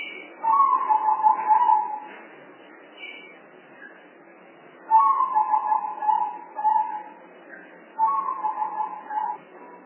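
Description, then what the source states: Spotted dove giving three rolling coo phrases, the middle one broken into two parts, with quiet gaps between. Lure call for spotted doves, from a compilation of spotted dove sounds.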